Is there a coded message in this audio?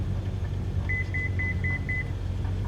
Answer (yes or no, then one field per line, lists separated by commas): no